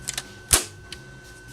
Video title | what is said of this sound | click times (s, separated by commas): Embroidery Tutorial - Chef Coats | slide forward and listen for the click | 0.5 s